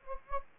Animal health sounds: mosquito wingbeat signal from an infrared sensor; Anopheles gambiae

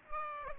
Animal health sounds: mosquito wingbeat signal from an infrared sensor; Aedes aegypti

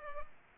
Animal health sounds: mosquito wingbeat signal from an infrared sensor; Culex pipiens

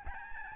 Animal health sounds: mosquito wingbeat signal from an infrared sensor; Aedes albopictus

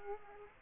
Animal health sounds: mosquito wingbeat signal from an infrared sensor; Aedes aegypti

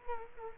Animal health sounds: mosquito wingbeat signal from an infrared sensor; Culex quinquefasciatus

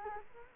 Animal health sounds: mosquito wingbeat signal from an infrared sensor; Culex quinquefasciatus

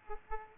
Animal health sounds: mosquito wingbeat signal from an infrared sensor; Aedes aegypti

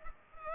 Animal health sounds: mosquito wingbeat signal from an infrared sensor; Culex pipiens

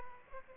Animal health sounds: mosquito wingbeat signal from an infrared sensor; Aedes aegypti

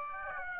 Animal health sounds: mosquito wingbeat signal from an infrared sensor; Aedes aegypti

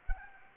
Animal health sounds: mosquito wingbeat signal from an infrared sensor; Anopheles gambiae

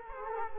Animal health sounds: mosquito wingbeat signal from an infrared sensor; Culex quinquefasciatus

